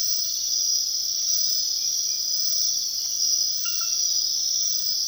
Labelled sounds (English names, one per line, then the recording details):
none
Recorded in secondary vegetation near Puerto Asís, Putumayo, Colombia, on 19 February 2024 at 03:30
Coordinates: 0.500, -76.326
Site G6428